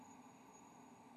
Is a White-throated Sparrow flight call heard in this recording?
no